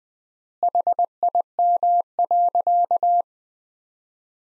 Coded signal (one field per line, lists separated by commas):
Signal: Morse code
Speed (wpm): 20 wpm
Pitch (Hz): 700 Hz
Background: none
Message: HIM.